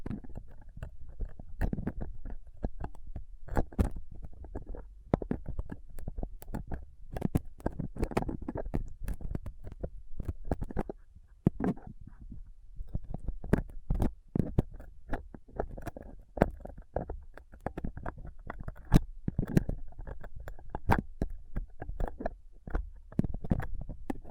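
A rough microphone grille is picked and scraped with a dental pick, tweezers and a cotton swab. Sharp, bright ticks and scratches come in dense, irregular bursts over a constant low rubbing rumble, with a brief lull near the middle before the scraping resumes.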